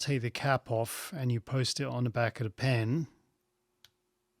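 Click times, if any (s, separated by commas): 3.8 s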